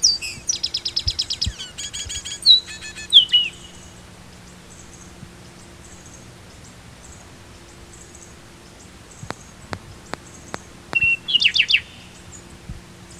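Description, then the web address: Bird calls: dense buzzy high chatter and sweeping chirps early, a quiet stretch with sharp clicks, then a whistle and quick chirp burst near the end. "BIRD 2015 SABIOD 50 bird 2015"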